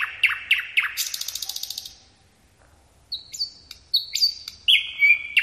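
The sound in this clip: Bird calls: sharp descending chirps, then a fast buzzy rattling trill, a brief pause, and several bright whistled notes and sweeps to close.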